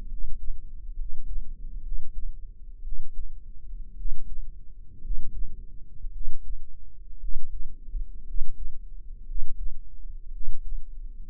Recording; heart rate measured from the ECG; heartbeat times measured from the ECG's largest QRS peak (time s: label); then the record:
heart sounds by microphone in the right ear; 59 bpm
0.05 s: heartbeat
0.93 s: heartbeat
1.80 s: heartbeat
2.80 s: heartbeat
3.94 s: heartbeat
4.99 s: heartbeat
6.09 s: heartbeat
7.17 s: heartbeat
8.22 s: heartbeat
9.23 s: heartbeat
10.29 s: heartbeat
From the record:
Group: healthy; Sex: male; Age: 23 years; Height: 178 cm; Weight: 96.6 kg